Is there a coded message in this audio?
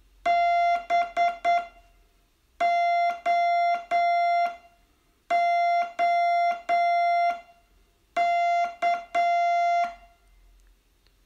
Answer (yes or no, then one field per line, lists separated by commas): yes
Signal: Morse code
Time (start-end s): 0.3-9.9 s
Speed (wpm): 9 wpm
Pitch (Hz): 690 Hz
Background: music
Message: BOOK